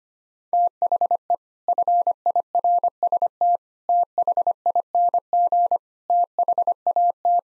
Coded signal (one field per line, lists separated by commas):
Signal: Morse code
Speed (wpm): 25 wpm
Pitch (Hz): 700 Hz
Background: none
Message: THE FIRST THING THAT